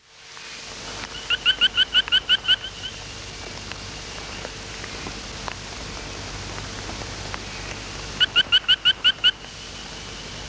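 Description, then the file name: Fry's frog call: two bouts of about seven short, evenly spaced chirping notes, each bout lasting about a second, over a steady rain-like hiss. "Austrochaperina fryi"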